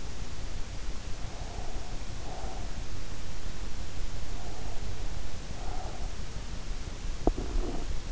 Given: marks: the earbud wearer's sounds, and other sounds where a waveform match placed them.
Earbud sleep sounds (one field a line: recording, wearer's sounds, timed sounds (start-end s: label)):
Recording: sounds in sleep by an in-ear microphone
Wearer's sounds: breath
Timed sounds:
1.25-2.75 s: breath
4.15-6.23 s: breath
6.94-7.98 s: sound from someone else or the room